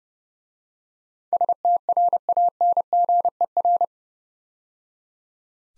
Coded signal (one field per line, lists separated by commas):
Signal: Morse code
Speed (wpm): 29 wpm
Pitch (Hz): 700 Hz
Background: none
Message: STRANGER